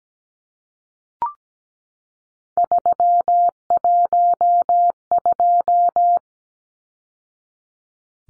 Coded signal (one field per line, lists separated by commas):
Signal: Morse code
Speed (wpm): 17 wpm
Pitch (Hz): 700 Hz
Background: none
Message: 312